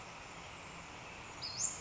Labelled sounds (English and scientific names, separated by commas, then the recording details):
Western Flycatcher (Empidonax difficilis)
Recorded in Sonoma County, California